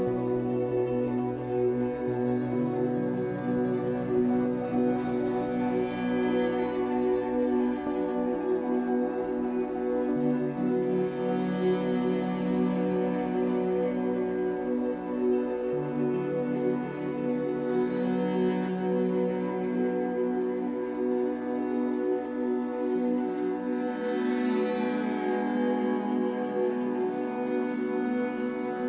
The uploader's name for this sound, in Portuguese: Frequência 6000 Hz